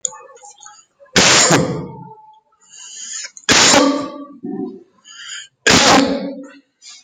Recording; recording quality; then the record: heavy voluntary cough; excellent, no background noise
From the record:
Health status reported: healthy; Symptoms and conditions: none ticked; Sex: male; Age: 27 years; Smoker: yes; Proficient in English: yes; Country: India